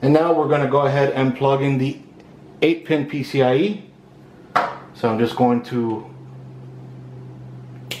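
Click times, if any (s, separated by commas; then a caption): 7.9 s. Someone talks while undoing the clip on an 8-pin PCIe power cable connector, probably the plastic 6+2 pin type, for better cable management while installing a Sapphire Radeon NITRO+ RX470 OC 4GB GDDR5 11256-01-20G video card. After the talking stops, a steady low hum remains. A little click comes at 7.9 s as the connector clip releases.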